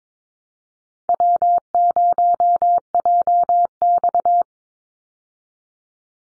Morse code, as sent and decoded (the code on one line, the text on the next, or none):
.-- ----- .--- -..-
W0JX